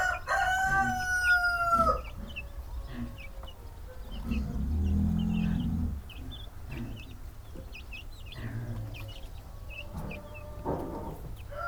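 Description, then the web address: Chicken: rooster crow, a loud harmonic call lasting about two seconds, then a low rumbling sound and scattered faint high chirps. Farmyard recording of Hungarian-breed chickens: rooster with chicks. "allathangok parasztudvar csibe magyartyuk olajtokinyitasa kakasdiszno autoforgalom"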